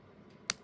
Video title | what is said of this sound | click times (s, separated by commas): I LOVE MY ROBOT SPIDER WIFE! | and up like that, and you want to hear it click into place just like so, | 0.5 s